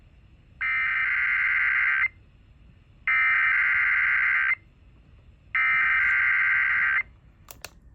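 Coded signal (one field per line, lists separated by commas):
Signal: Emergency Alert System (SAME) tones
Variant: header bursts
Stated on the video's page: Required weekly test on an FM and an AM station.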